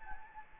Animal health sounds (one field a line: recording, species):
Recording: mosquito wingbeat signal from an infrared sensor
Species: Anopheles gambiae